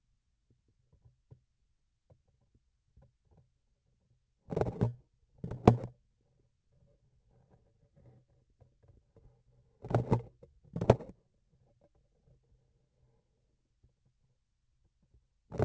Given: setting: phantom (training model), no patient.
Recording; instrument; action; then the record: laparoscopic instrument, vibration sensor on the handle end; grasping forceps; opening and closing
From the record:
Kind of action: tool actuation without material contact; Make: other than Olympus